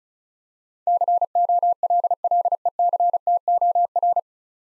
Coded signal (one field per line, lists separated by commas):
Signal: Morse code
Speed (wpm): 36 wpm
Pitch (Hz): 700 Hz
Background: none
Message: COLLECTOR